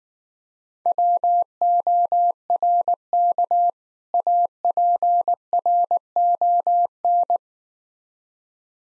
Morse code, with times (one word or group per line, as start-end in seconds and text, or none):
0.9-3.7 WORK
4.1-7.4 APRON